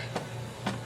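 A carbonation bottle is twisted to the left into a soda maker head, with a steady low hum underneath. Two short clicks sound at 0.2 s and 0.7 s as the bottle locks in, and it is confirmed locked.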